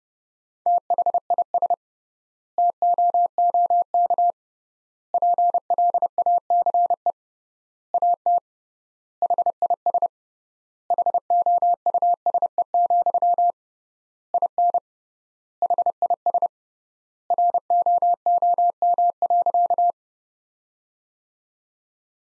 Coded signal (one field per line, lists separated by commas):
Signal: Morse code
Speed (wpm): 32 wpm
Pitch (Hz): 700 Hz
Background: none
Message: THIS TOOK PLACE AT HIS HOUSE, IN HIS ROOM.